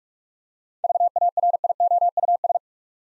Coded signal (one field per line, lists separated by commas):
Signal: Morse code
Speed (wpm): 46 wpm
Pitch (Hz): 700 Hz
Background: none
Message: VARIOUS